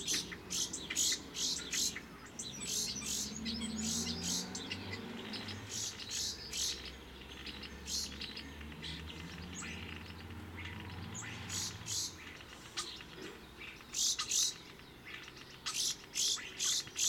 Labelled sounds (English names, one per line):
European Starling song